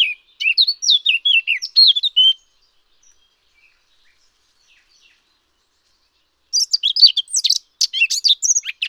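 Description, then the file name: Eurasian blackcap singing two bursts of quick, varied warbling, the first lower and fluty, then a pause of about four seconds before a higher, scratchier burst. "sylvia atricapilla"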